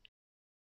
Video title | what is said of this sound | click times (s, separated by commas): Comment clipser ou déclipser l'ACCEL BIKE II et le STOPDIS II ? | le frein éclipsé lorsque vous entendez le clic | 0.1 s